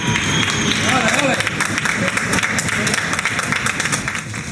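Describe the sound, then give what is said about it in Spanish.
Steady applause from thousands of people in Spain clapping at once from the windows of their homes, a dense, continuous patter of hand claps that stays loud for several seconds, with a few voices blending into the noise. “Miles de españoles en las ventanas de sus casas han dado un sonoro aplauso a los grandes héroes de la pandemia del coronavirus.”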